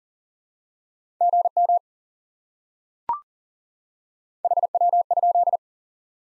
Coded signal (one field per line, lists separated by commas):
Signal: Morse code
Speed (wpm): 40 wpm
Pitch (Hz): 700 Hz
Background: none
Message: GM HW?